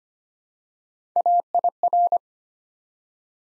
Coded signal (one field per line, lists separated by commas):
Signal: Morse code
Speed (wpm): 25 wpm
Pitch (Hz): 700 Hz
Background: none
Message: AIR